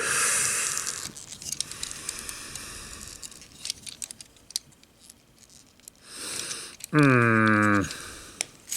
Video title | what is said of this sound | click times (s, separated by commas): This Fake Devastator is Actually INSANE | There we go, popped into place. | 8.4 s